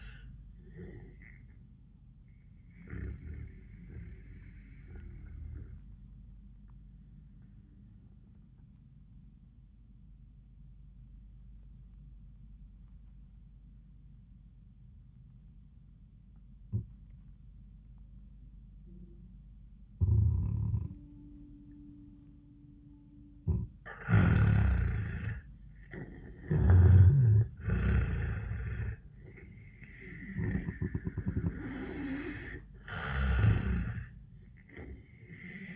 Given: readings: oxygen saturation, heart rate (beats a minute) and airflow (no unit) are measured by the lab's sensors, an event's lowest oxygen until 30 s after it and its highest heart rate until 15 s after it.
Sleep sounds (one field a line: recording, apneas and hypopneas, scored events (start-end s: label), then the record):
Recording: breathing in sleep by a smartphone at the bedside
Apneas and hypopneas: 1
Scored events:
4.00-22.90 s: obstructive apnea (N2, oxygen 97% highest, then 84% lowest, heart rate 88 at the start, 88 highest)
From the record:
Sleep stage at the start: N2 (light sleep)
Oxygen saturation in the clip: 86 to 97%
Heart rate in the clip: 72 to 90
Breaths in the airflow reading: 5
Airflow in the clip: -14.7 to 7.5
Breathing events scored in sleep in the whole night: 400 in 8.7 hours asleep